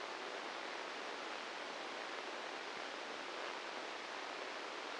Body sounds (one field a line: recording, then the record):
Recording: brain microelectrode recording played as sound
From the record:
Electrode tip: inside the subthalamic nucleus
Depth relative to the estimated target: -1 mm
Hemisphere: left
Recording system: NeuroSet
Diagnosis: Parkinson's disease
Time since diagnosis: 10 years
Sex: male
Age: 56 years